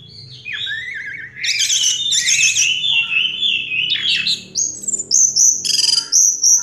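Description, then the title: Orange-headed thrush song: a varied run of high, rapid warbled and trilled phrases, climbing and falling, with sharp bright notes toward the end. Played to prompt a silent orange-headed thrush to start singing. "Anis Merah Macet.. Pancing Dengan Suara Ini.. # Anis Merah"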